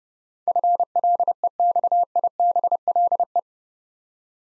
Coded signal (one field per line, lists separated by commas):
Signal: Morse code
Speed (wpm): 30 wpm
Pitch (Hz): 700 Hz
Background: none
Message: FLEXIBLE